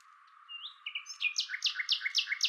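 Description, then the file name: Common nightingale song starting with a soft rising whistle and building into loud, rhythmic, downward-sweeping notes repeated about four times a second. "Luscinia megarhynchos"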